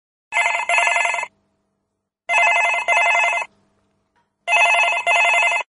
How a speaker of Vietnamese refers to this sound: Khi chuông điện thoại reo, bác sĩ Clinton Shannon đang ngồi nghỉ trong giường dưới bóng một cây sồi.